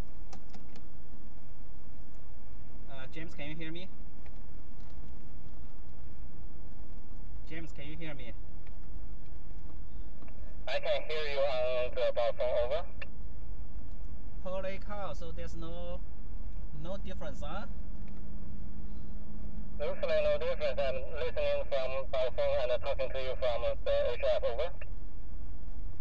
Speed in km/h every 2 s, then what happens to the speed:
15, 16, 18, 19, 21, 23, 26, 27, 29, 31, 31, 27, 24.
0-17 speeds up to 31. 20-26 slows to 24.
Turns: none.